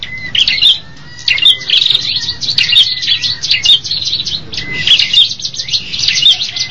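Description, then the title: Birdsong made of rapid, high twittering chirps and short whistled notes, nearly continuous, with a soft low hum underneath. "kikicau"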